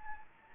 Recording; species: mosquito wingbeat signal from an infrared sensor; Anopheles gambiae